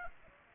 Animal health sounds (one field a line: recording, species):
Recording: mosquito wingbeat signal from an infrared sensor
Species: Aedes aegypti